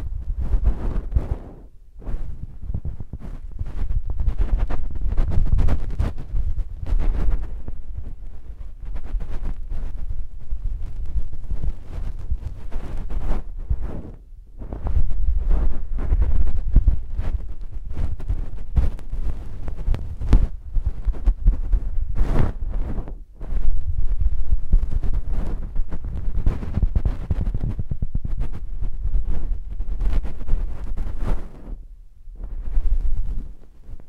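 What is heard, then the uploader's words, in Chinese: An ear massage on the right side, heard very close: deep, muffled rubbing and swishing fill nearly the whole stretch, with crackly brushes flaring through it. The pressure comes in long strokes, broken by short quiet gaps around 2, 14, 22 and 32 seconds. 耳內按摩 (右)。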